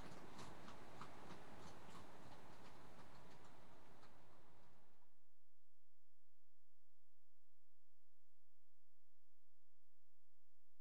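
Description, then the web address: Horses trotting, rapid rhythmic hoofbeats clattering over rough ground for about five seconds with a broad rumble, then dropping to near silence. Two horses trotting past on a rough track. "BBC Sound Effects Library BBC 37-Horses. Two horses trot past on rough"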